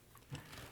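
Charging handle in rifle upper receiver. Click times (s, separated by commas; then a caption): 0.3 s. With the bolt carrier held open by the bolt catch, the charging handle of a Huldra Mark IV rifle is pushed forward into the upper receiver. A faint click at 0.4 s follows a quiet lead-in, and the charging handle locks forward in place.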